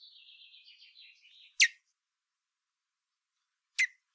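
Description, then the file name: Common blackbird giving two sharp chink notes, preceded by a soft, continuous warbling twitter. "Turdus merula"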